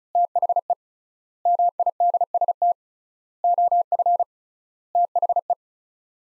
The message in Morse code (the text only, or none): THE MIDST OF THE